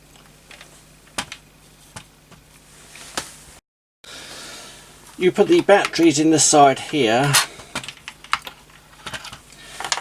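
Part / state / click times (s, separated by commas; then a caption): battery cover into trail camera housing / seated / 8.3 s, 9.9 s. Someone talks while the plastic battery cover of an H903 12MP waterproof trail camera, which holds eight AA batteries, is pushed back into the housing, with soft handling taps and knocks along the way. The two tabs at the bottom go in first, then the cover snaps shut on the lever latch with sharp clicks at 8.3 s and 9.9 s. The cover is seated.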